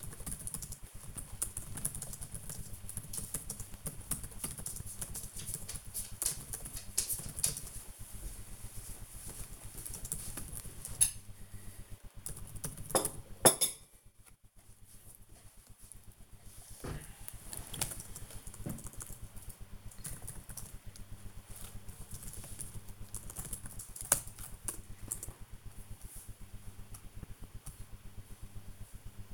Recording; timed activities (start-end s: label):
household activities, microphone on the right wrist
0.00-21.33 s: working on the computer
25.33-29.34 s: working on the computer